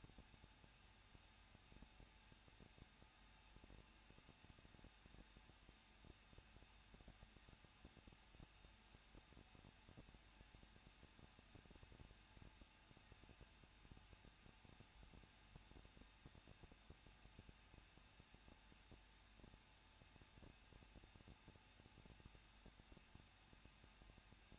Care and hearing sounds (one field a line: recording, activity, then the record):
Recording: daily activity, microphone in the room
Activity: no activity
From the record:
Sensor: 2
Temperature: 21.0 degrees Celsius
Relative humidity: 37.5%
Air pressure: 1006.3 hPa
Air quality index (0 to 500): 223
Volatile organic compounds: 25 ppm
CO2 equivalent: 2831 ppm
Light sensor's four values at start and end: 2/3/2/2 and 2/3/2/2